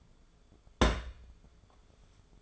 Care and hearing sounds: daily activity, microphone in the room; place on stove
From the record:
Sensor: 5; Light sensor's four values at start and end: 558/1431/591/690 and 548/1392/579/666

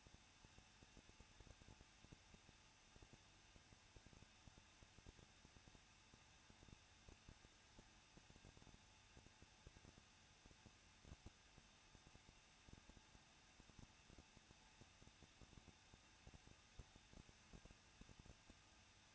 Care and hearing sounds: daily activity, microphone in the room; no activity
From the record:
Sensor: 2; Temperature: 21.0 degrees Celsius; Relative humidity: 37.5%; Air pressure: 1006.2 hPa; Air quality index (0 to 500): 223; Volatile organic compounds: 25 ppm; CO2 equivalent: 2838 ppm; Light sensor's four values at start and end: 2/3/2/2 and 2/3/2/2

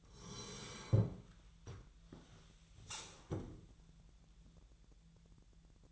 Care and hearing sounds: daily activity, microphone in the room; sit down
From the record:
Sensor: 3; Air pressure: 1001.9 hPa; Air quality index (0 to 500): 248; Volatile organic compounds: 129 ppm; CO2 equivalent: 3920 ppm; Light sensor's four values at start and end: 9/21/9/9 and 9/22/9/10

